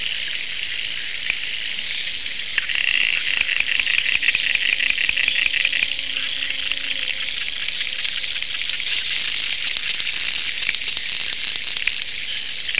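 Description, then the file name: Accra puddle frog giving a fast series of sharp, clicking pulses lasting a few seconds, set against a constant shrill insect chorus. "Phrynobatrachus latifrons"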